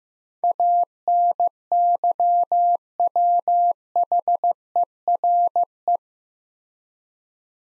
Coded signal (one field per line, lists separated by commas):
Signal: Morse code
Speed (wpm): 15 wpm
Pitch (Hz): 700 Hz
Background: none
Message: ANYWHERE